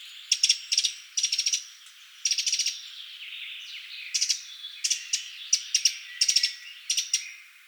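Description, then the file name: Eurasian wren giving short, dry ticking rattles in many quick, irregular bursts. "Troglodytes troglodytes"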